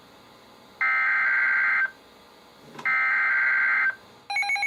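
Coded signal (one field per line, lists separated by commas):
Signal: Emergency Alert System (SAME) tones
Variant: header bursts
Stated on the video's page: Winter Storm Warning broadcast over NOAA Weather Radio stations, received on many weather radios.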